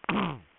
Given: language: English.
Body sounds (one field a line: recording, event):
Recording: throat vibration sensor signal played as sound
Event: throat clearing